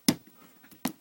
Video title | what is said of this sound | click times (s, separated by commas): Nokia 6350 How to replace LCD or Speakers | just snap it right back in place | 0.1 s